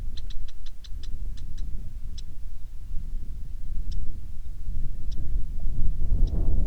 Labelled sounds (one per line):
bird
wind